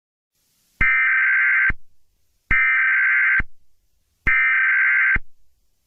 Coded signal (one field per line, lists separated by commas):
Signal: Emergency Alert System (SAME) tones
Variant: header bursts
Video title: Rating kuwaits EAs alarms